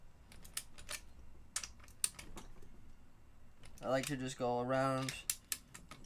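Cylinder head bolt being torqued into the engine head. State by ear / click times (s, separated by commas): torque reached / 5.5 s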